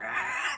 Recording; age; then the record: pig call; piglet (1 to 25 days)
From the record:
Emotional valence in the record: negative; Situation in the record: castration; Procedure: castration, fixation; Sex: male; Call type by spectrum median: low-frequency call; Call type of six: high-frequency stable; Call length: 0.58 s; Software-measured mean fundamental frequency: 291 Hz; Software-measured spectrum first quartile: 1412 Hz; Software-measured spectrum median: 1885 Hz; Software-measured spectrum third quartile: 2808 Hz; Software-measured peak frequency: 1796 Hz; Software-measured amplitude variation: 90 dB a second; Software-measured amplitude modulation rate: 18.2 a second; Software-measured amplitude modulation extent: 5.0 dB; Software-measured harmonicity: 1.6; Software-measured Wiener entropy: -1.24